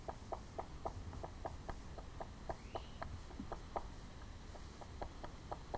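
Red-bellied woodpecker giving rapid, sharp, short call notes in quick succession, varying in loudness, with one faint rising whistle and constant low hiss and rumble behind.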